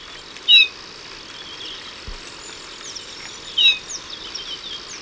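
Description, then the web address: Golden-rumped euphonia calls, two clear downslurred whistles about three seconds apart over a steady high background hiss. Ecuador. "Natures Songs S America Birds of Ecuador. Golden-Rumped Euphonia"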